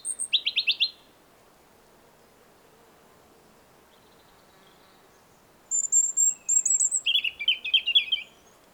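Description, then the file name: European robin song: a short high rattling trill, a long pause, then a thin, high, varied phrase of quick twittering notes near the end. "Erithacus rubecula"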